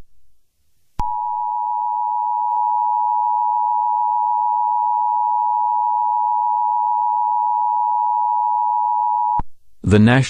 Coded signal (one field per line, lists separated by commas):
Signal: Emergency Alert System (SAME) tones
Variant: 853 and 960 Hz attention tone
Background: speech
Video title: TRC Community/EAS (July 9th, 2021) #2